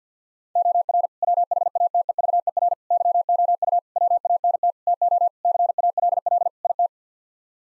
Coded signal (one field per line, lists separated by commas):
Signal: Morse code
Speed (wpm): 50 wpm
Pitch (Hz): 700 Hz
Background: none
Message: OR WHATEVER YOU WANT TO CALL IT